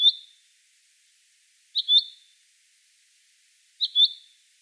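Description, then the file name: Common chaffinch calls: sharp, high two-part chinks, given three times about two seconds apart, with nothing else heard. "Fringilla coelebs"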